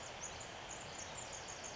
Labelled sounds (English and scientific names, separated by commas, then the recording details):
Pacific Wren (Troglodytes pacificus)
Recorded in Sonoma County, California